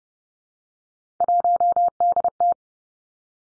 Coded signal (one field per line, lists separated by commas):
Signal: Morse code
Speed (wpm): 30 wpm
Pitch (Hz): 700 Hz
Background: none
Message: 1DT